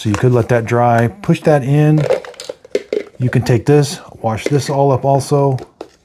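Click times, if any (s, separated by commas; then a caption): none. Someone talks while handling the washable filter of a Fanttik Fold V10 Ultra Deluxe cordless stick vacuum, pushing it toward its plastic dust bin, with a few short knocks around 2.3 to 2.9 s and one at 5.8 s. The filter is meant to simply snap into the dust bin, but nothing has seated or clicked yet.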